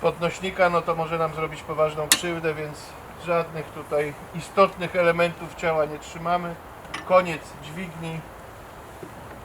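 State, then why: Not seated. Someone talks while handling a high-lift jack, about to push the lever down to raise a car, with faint metallic clinks in the background. The steel climbing pin has not yet clicked into the rack hole, so nothing has seated. That click is the sign that the car hangs on the pin instead of on the operator's hands.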